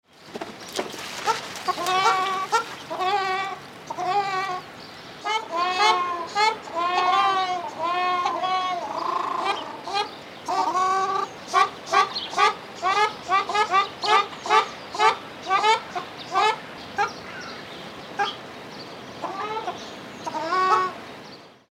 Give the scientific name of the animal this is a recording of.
Tadorna ferruginea